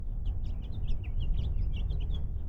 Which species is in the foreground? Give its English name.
House Finch